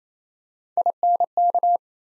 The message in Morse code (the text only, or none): INK